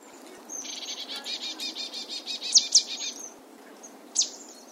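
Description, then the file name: Marsh tit call: a long run of rapid buzzy harsh notes, broken by sharp high chips, with one more brief sharp note after a pause. "Poecile palustris"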